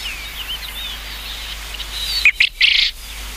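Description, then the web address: Japanese quail giving one short, harsh, three-part burst near the end, over a faint background of twittering small birds. "sikioto. uzura"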